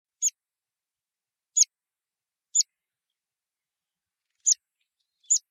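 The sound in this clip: Buff-bellied pipit giving thin, sharp high call notes, five single chips spaced irregularly, with silence between.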